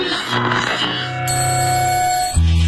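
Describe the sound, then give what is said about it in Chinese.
An alarm clock rings with a bright, sustained metallic tone, steady and fairly loud, over a low humming layer that swells louder just before the end. “叫醒你的是闹钟，是梦想，还是你家的猫？”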